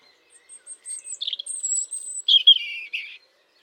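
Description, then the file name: European robin delivering a phrase of soft high notes, a long thin whistle, then a bright burst of rapid trilling twitters ending abruptly; otherwise quiet. "Erithacus rubecula"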